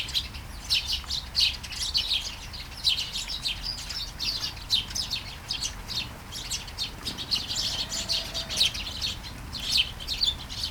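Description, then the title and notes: Sparrows producing a steady, busy chatter of short chirps that overlap almost without pause, over a low continuous background hiss. Flying sparrows in a garden in Taastrup, Denmark, early morning during a light shower; recorded on a Sony PCM-D100 with internal microphones. "Kærengen 8, 2630 Taastrup, Denmark - Flying sparrows. Flying sparrows in the garden, early morning. Light shower. Vols de moineaux dans le jardin, au petit matin. Pluie fine"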